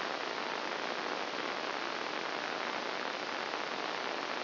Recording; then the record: brain microelectrode recording played as sound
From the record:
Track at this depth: inside the subthalamic nucleus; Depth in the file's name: 0.409 mm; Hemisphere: right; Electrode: 2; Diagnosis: Parkinson's disease